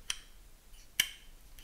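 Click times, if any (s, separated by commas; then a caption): 0.1 s, 1.0 s. The finger lever on the plastic air-vent holder clip of a Vicseed automatic wireless car phone charger's vent mount is pushed down until it locks into place. Sharp, bright snapping clicks ring out at 0.1 s and 1.0 s, the second louder, followed by a faint tick near 1.6 s. The lever locks into place.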